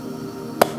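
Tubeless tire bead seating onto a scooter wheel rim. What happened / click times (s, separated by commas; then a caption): The tire bead popped onto the rim / 0.6 s. A tubeless tire on a Honda Elite 80 scooter wheel is inflated with more air until its bead snaps onto the rim. A single loud, sharp pop rings out at 0.6 s over a steady low background, and the tire bead is seated on the rim.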